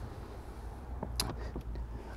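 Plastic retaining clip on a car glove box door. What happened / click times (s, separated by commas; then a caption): The plastic clip snapped free / 1.2 s. A trim tool pulls the back of a plastic retaining clip forward on the glove box door of a Mitsubishi 3000GT / GTO, so that lowering the door pulls the clip out. Over a low steady hum, a faint tap at 1.0 s leads into a sharp bright click at 1.2 s, followed by a few softer ticks. The glove box clip pulls free and is released at 1.2 s.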